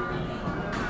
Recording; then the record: background sound without coughing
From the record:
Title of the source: 60 minutes of coffee shop sounds for study and concentration